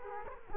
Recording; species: mosquito wingbeat signal from an infrared sensor; Culex quinquefasciatus